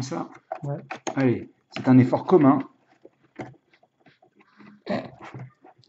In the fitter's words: Qui ne veut pas se clipser. Non?